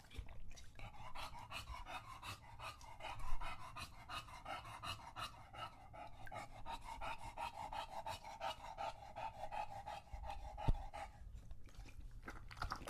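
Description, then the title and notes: English Bulldog panting steadily, fast raspy breaths continuing nearly without pause, one sharp knock near the end. Male pet English Bulldog named Lucho drinking from a water bowl after a long walk, heavily out of breath between drinks. "English Bulldog Drinks from Water Bowl. listen to Lucho the English Bulldog as he tries to drink water after a long walk. Don't let his heavy breathing fool you in between drinks, he's equally out of breath from the walk"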